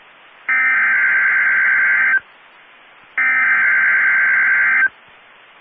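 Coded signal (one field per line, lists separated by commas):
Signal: Emergency Alert System (SAME) tones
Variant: header bursts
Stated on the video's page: EAS severe thunderstorm warning from weather radio station in Amarillo, Texas.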